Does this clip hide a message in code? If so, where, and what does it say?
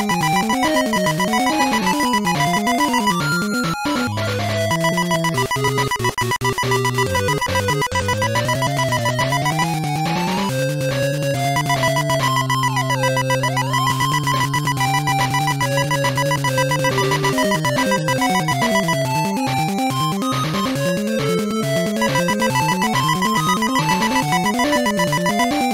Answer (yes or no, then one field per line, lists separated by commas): no